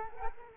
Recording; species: mosquito wingbeat signal from an infrared sensor; Culex quinquefasciatus